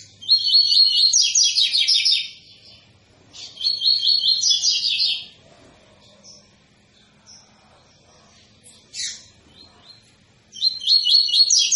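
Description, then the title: Double-collared seedeater song, loud fast trilled phrases of about two seconds repeated with pauses, plus one short sharp note in the quiet middle stretch. Tui-tui fibra song style, used as a tutor song for teaching young birds. "COLEIRO TUI TUI FIBRA CANTO PROFESSOR"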